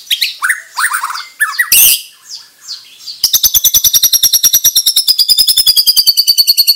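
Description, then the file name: White-rumped shama giving harsh chattering notes and a loud noisy burst, followed by a fast, even, buzzing rattle lasting several seconds. Bornean white-rumped shama of the crowned (mahkota) variety, harsh call. "Suara kasar burung murai batu borneo mahkota"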